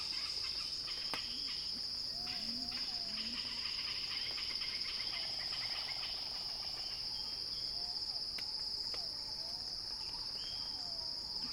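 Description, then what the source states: Cicada song, a steady shrill high buzz, with busy faint chirping and a few low warbles and short whistled notes from other animals. Recorded by Axel Drioli; described as a cicada crescendo.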